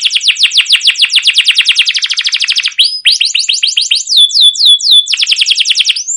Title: CUIT CUIT NGEROL LANGSUNG GACOR PANJANG Kenari Utk Pancingan KENAR. Masteran Suara Burung Kenari Gacor Panjang cuit cuit Ngerol untuk Pancingan Kenari